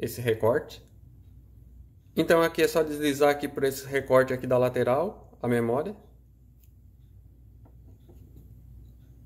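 A T-Force Vulcan Pichau Gaming 8GB DDR4 3200MHz memory module is slid down along the side notch of its heatsink and lined up in a motherboard DIMM slot before being pressed home. Someone talks through most of the clip, then only faint handling sounds follow, with a small tick near 6.6 s. Nothing has seated or clicked yet.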